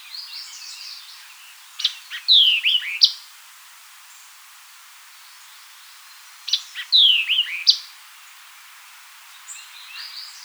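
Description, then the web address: White-eyed vireo song: brisk phrases starting with sharp ticks, then bright downward-slurred whistles ending in a snappy note, repeated about every five seconds. Recorded 4 January 2007. "White-eyed Vireo 2007 01 04"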